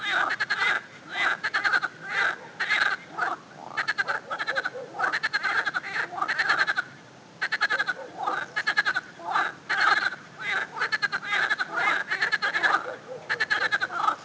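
Frogs give rapid, pulsed, chuckling croaks in short bursts that follow one another closely.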